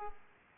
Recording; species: mosquito wingbeat signal from an infrared sensor; Aedes aegypti